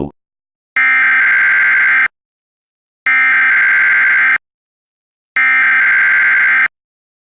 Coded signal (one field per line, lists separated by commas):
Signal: Emergency Alert System (SAME) tones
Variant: header bursts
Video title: Mock EAS: Annotations Going Away Warning